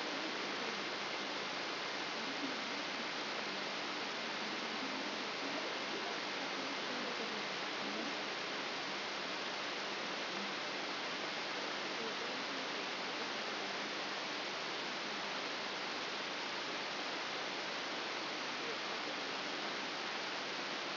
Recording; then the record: brain microelectrode recording played as sound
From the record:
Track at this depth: inside the subthalamic nucleus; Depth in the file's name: 5.101 mm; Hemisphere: left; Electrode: 3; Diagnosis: Parkinson's disease